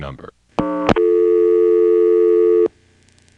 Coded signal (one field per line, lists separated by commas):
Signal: telephone call progress tone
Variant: North America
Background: speech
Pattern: dial tone